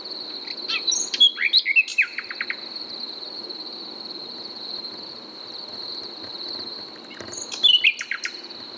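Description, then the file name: Common nightingale song: bursts of sharp whistled notes and rapid repeated clicks around 1–2.5 seconds, then another short phrase near the end, over a steady high buzzing drone. "Luscinia megarhynchos"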